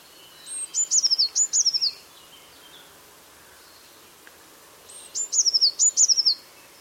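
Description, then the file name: Eurasian blue tit calls, two bouts each made of a thin high note and then quick descending trilled units, with a quiet pause between the bouts. "Cyanistes caeruleus"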